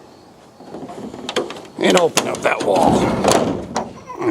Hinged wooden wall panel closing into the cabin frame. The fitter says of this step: it snaps back in place.